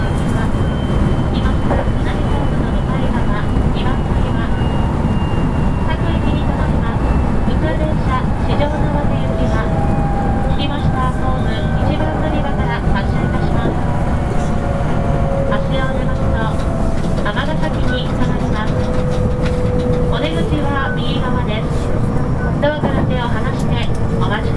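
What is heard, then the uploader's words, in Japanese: A train rumbles steadily along, a heavy low roar with a gliding motor whine slowly falling in pitch, and faint voices beneath. JR223系 神戸線新快速 三ノ宮から大阪まで。JR西日本の223系電車の走行音です。JR神戸線の新快速列車にて収録しました。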